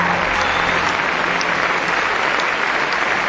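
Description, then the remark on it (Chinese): Sustained applause from a large crowd at the 2003 Cannes Film Festival as Roman Polanski receives the Palme d'Or, a dense, steady roar of clapping hands that holds at an even loud level throughout without a break or any voices standing out. “Roman Polanski 的 fans， 在经久不息的掌声中，波兰斯基接过本届电影节的金棕榈奖。”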